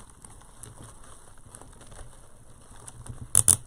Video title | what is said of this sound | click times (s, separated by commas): Let’s make bows! Text +1 (812) 289-6187 for live alerts. | i'm going to cinch it down you can kind of hear it click okay | 3.4 s, 3.5 s